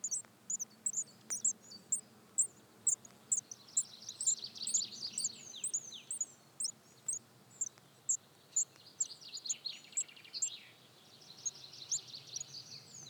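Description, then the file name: Eurasian blue tit calls: thin, very high notes repeated about twice a second, with softer, lower buzzy trills running beneath them at times. "Cyanistes caeruleus"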